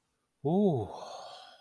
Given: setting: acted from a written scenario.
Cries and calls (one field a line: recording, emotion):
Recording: vocal sound without words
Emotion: contentment